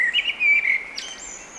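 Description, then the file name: Eurasian blackbird with a brief rich warble sliding into a thin, high drawn-out squeak. "Turdus merula"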